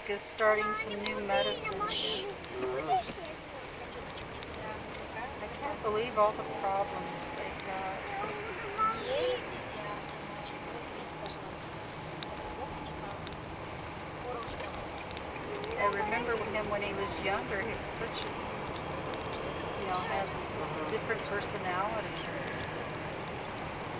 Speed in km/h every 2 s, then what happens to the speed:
16, 19, 26, 33, 34, 36, 36, 36, 41, 44, 46, 45.
0-6 speeds up to 33. 6-14 steady at about 36. 14-20 speeds up to 46.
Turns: none.